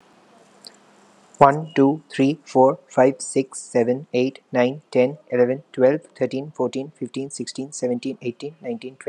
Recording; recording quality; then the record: counting at a fast pace; excellent, no background noise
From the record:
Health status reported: healthy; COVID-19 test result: not tested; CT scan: not taken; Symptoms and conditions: none ticked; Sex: male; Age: 28 years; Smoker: no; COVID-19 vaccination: one dose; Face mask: not worn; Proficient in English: yes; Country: India